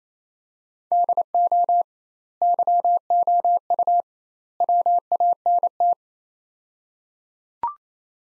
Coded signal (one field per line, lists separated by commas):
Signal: Morse code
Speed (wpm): 28 wpm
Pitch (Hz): 700 Hz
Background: none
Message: DO YOU WANT